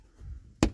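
A plastic clip on the left front inner wheel-arch liner of a Chery Tiggo 7 is pressed by hand into its hole. After quiet low handling noise, a single sharp snap is heard at 0.6 s. The clip seats.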